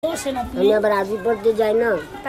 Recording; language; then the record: elicited speech; Bengali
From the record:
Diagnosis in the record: Broca's or global aphasia after a stroke